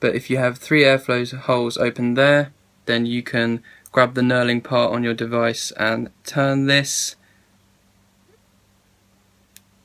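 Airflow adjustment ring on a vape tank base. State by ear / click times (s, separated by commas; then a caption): seated / 9.6 s. Someone talks while the knurled airflow ring on the metal base of a Kanger Subtank vape tank is turned from 3 open airflow holes to the next position. After a quiet stretch, a single short, sharp click sounds at 9.6 s as the ring seats into its detent, leaving 2 airflow holes open.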